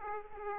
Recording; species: mosquito wingbeat signal from an infrared sensor; Aedes aegypti